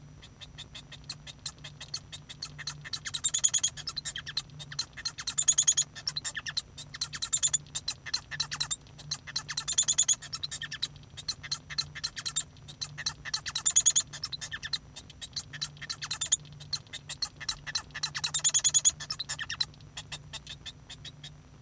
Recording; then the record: song of a male Bengalese finch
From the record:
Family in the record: son of father 1